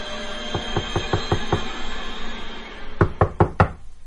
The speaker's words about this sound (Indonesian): Hingga tiba-tiba saja ada yang mengetuk pintu depan.